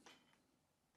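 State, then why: Not seated. A camera with its quick-release plate underneath is handled and pushed toward a tripod head's mount, a setup meant so the camera doesn't need screwing on each time. A brief handling noise peaks at about 0.1 s, followed by faint rustle. The plate is not yet home and nothing has seated or clicked.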